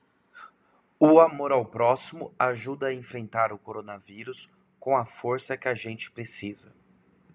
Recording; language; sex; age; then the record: spoken sentence; Brazilian Portuguese; male; 30 to 39 years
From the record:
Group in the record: control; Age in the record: 30 years